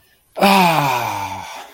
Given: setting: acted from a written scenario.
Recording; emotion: vocal sound without words; ecstasy